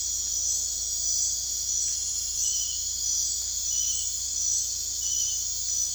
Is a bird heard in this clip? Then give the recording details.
no. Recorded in dense forest near Puerto Asís, Putumayo, Colombia, on 16 December 2024 at 22:30. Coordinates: 0.466, -76.327. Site G075